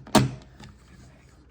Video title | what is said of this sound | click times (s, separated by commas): Dyson V15 detect fluffy power head cleaning | push it on until it clicks. | 0.1 s